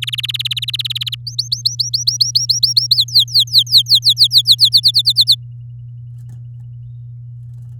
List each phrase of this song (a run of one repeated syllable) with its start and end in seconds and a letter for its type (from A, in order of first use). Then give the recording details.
0.02-1.15 A, 1.27-2.96 B, 2.97-4.69 C, 4.72-5.35 D. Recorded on 8 May 2018 at 09:08. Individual llb16